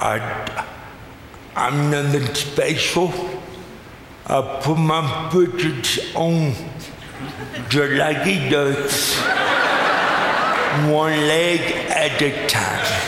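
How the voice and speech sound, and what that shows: Slow, slurred adult male speech with stretched vowels, distorted consonants and audience chuckles: dysarthria in a man born with cerebral palsy.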